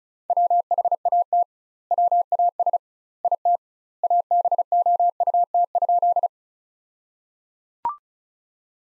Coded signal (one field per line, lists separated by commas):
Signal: Morse code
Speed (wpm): 36 wpm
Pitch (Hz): 700 Hz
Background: none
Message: WHAT WAS IT ABOUT?